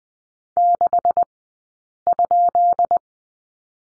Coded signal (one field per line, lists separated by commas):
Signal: Morse code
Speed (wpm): 20 wpm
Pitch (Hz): 700 Hz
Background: none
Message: 6?